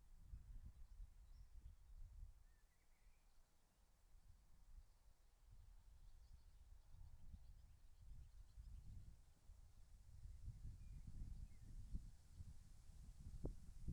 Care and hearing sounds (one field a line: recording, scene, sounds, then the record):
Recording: everyday scene through a hearing-aid microphone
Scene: wind on the microphone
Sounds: wind, birds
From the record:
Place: in front of a rural house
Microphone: behind the ear, left, rear